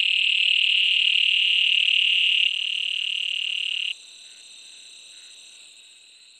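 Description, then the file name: Granular toad trills: a long, steady, buzzy trill held at one pitch, several callers overlapping, then dropping out one by one, with a thin high whine above. "Bufo granulosus"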